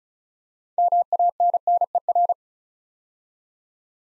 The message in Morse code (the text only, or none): MANNER